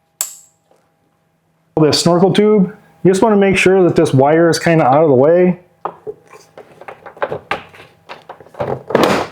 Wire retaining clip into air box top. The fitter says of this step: it around and you'll hear it snap into place. All you have to do is just push.